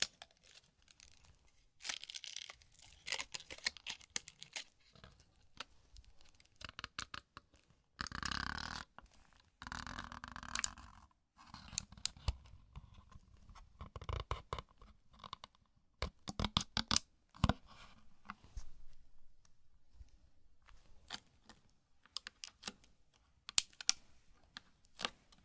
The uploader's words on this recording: Zen Garden - Sand Crinkle Brushing Tapping Cup Sounds. NO TALKING.